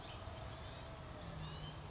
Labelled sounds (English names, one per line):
Western Flycatcher